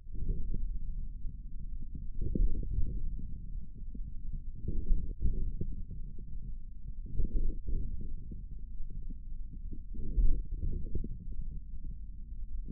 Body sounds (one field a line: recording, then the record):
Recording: forearm muscle sounds (acoustic myography)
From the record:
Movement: wrist flexion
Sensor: system 1, eight BSWA MPA416 microphones around the upper forearm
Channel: 5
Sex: male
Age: 41 years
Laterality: right